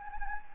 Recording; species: mosquito wingbeat signal from an infrared sensor; Anopheles gambiae